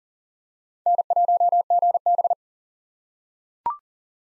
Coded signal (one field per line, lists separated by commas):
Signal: Morse code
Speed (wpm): 40 wpm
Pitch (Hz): 700 Hz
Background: none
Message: N1GB